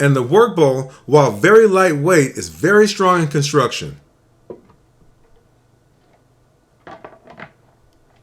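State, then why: Not seated. Someone talks for about four seconds. Then the plastic lid of a Vitamix 12-cup food processor attachment is handled over its lightweight plastic work bowl, with faint knocks around 4.5 s and a short cluster of light taps near 6.9–7.4 s. The lid has not seated or clicked into place yet.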